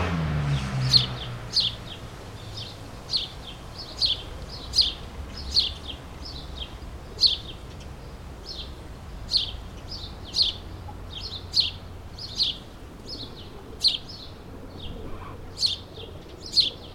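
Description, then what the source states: Sparrow chirps spaced irregularly, one or two bright tweets each second, over a quiet background with a brief low rumble at the start. Several sparrows in a suburban setting, ambient sound, May 2022.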